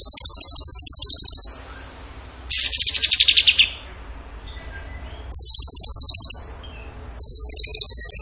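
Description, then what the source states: Bird song: repeated high buzzy trills, one sliding downward in pitch, alternating with brief quiet gaps. Training recording (masteran) of a bird singing in the gacor tembakan style.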